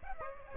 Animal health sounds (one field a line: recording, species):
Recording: mosquito wingbeat signal from an infrared sensor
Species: Aedes aegypti